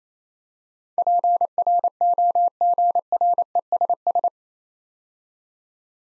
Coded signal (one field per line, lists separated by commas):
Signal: Morse code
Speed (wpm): 27 wpm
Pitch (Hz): 700 Hz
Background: none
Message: PROGRESS